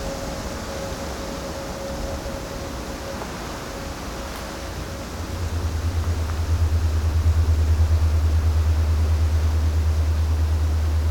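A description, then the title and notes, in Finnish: Ground and structural resonance: a dense low rumble with a faint steady tone, then a louder pulsing deep hum swells in from about five seconds. Jani Orbinskin ääniteos vie kuuntelijan matkalle kesäiseen Suomeen. Teos yhdistelee binauraaliäänityksiä ja Geofón-mikrofonilla äänitettyjä maaperän ääniä sekä erilaisten rakenteiden sointeja ja resonansseja.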